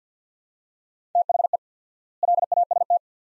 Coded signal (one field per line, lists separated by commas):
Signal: Morse code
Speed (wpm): 50 wpm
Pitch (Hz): 700 Hz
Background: none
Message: THE LAST